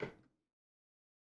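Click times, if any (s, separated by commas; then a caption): 0.0 s. The first RAM memory stick, lined up with the notch, is pressed gently into a motherboard DIMM slot and clicks at 0.0 s. The sharp click fades within about 0.4 seconds, followed by silence. The stick is seated and installed.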